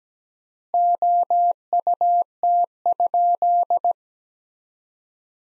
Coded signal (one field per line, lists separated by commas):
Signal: Morse code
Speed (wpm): 17 wpm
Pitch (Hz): 700 Hz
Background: none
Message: OUT?